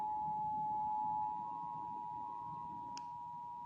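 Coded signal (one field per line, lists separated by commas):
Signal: Emergency Alert System (SAME) tones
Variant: 853 and 960 Hz attention tone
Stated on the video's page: Required Monthly Test for Indiana aired on a TV station.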